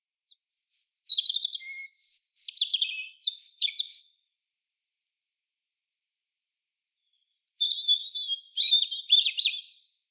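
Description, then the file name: European robin song: a long run of high whistles, buzzy trills and squeaky notes, a pause of several seconds, then a second bright, twittering phrase. "Erithacus rubecula"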